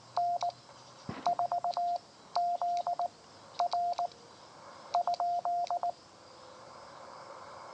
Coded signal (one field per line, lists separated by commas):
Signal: Morse code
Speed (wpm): 19 wpm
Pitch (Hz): 700 Hz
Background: none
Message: N4ZR ?